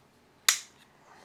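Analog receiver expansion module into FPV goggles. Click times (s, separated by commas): 0.5 s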